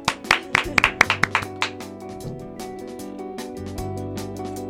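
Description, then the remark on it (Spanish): A brief round of hand clapping for a woman guest who has just spoken: about ten sharp, quick claps over a second and a half, then they stop and only a steady low hum remains. “Podemos aplaudirla”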